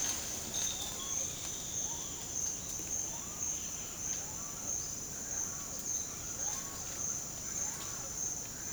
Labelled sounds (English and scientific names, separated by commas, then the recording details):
none
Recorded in secondary vegetation near Puerto Asís, Putumayo, Colombia, on 21 March 2025 at 08:00
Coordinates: 0.488, -76.319
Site G095